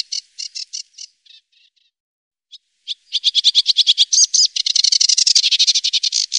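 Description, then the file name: Sedge warbler song opening with a few spaced scratchy notes, a brief pause, then a rapid accelerating chatter building into a dense, buzzy trill. "Savsangare"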